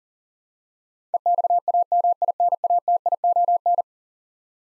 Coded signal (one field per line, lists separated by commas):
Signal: Morse code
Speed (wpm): 40 wpm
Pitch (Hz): 700 Hz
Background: none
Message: EXAMINATION